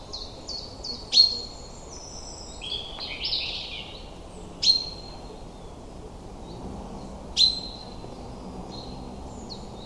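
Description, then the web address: Common chaffinch single metallic call notes, three spaced about three seconds apart, among fainter whistling birds. "cianscape birddata Deverinetal 2025 File origin Bird Only Fr Co"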